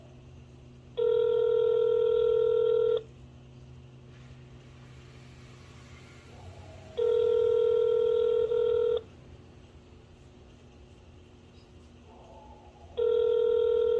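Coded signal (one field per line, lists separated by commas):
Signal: telephone call progress tone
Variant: North America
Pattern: ringback tone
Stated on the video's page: Dialing on a Moto G LTE phone in call mode.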